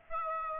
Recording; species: mosquito wingbeat signal from an infrared sensor; Aedes aegypti